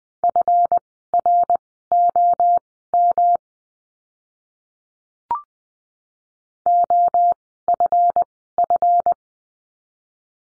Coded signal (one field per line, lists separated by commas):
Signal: Morse code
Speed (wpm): 20 wpm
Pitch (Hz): 700 Hz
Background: none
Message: FROM OFF